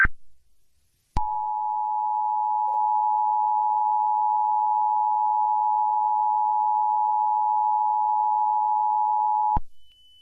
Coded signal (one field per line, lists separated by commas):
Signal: Emergency Alert System (SAME) tones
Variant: 853 and 960 Hz attention tone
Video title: Release the EVIL | EAS Scenario